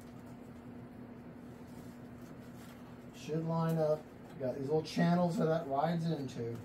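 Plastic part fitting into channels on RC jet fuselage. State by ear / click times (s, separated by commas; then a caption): not seated / none. A plastic top part for a Freewing Avanti S V2 80mm sport jet fuselage is placed on top and lined up with the little channels it rides in, ready to be pushed home. For the first three seconds there is only a quiet, steady low hum with faint handling noise, then someone talks until the end. Nothing has snapped into place or clicked yet.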